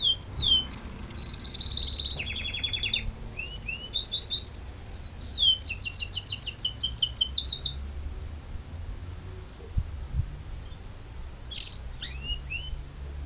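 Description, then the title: White-eye song, rapid high slurs and trills for several seconds, including a loud buzzy rattle, then quiet before a few sharp sweeping notes. Ngerol ngalas song style. "Suara Burung Pleci Ngerol Ngalas"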